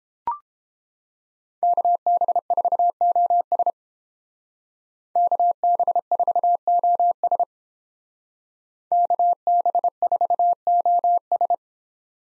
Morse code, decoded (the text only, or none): KB4OS KB4OS KB4OS